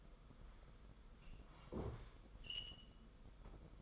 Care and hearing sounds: daily activity, microphone in the room; sit down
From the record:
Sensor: 5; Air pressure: 990.6 hPa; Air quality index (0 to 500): 150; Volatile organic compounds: 164 ppm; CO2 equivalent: 4081 ppm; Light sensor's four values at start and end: 45/137/53/56 and 45/138/53/57

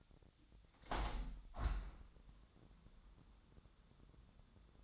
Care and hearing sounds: daily activity, microphone in the room; open window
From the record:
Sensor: 3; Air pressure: 1006.3 hPa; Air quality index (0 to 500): 190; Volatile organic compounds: 13 ppm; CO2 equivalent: 2408 ppm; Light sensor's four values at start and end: 10/23/9/9 and 10/24/10/10

